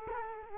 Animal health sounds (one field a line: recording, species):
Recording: mosquito wingbeat signal from an infrared sensor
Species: Culex quinquefasciatus